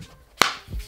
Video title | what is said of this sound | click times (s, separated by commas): WHAT'S ON MY IPAD AIR 4 - apps for school + productivity | It's really nice because you can open it and then it just snaps into place like that. | 0.4 s